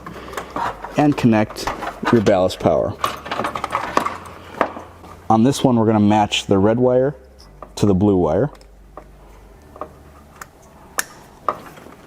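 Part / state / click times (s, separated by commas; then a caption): HID ballast harness connector into headlight wiring connector / seated / 11.0 s, 11.5 s. Someone talks while an HID ballast harness connector on a 2018 Silverado 2500HD is pushed into the headlight wiring connector, matching the red wire to the blue wire, with light handling noises in between. Two sharp clicks at 11.0 s and 11.5 s show the connector seating firmly in place.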